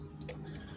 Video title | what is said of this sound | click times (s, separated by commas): Cómo cambiar el filtro de gasolina de grand i10 hyundai/ kia Rio 4 | này màu đen và nó chỉ ép và bạn nghe một tiếng tách cho đến khi bạn nghe một tiếng tách là ổn, nắm lấy bạn | 0.2 s